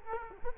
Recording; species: mosquito wingbeat signal from an infrared sensor; Culex quinquefasciatus